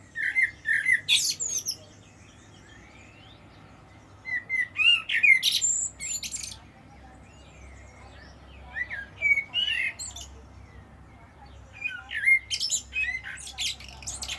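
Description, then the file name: Common blackbird calls, loud harsh squawking chatters in bursts roughly every four seconds, over faint background hiss. "Turdus merula"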